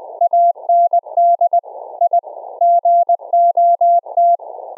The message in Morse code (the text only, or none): AND I GOT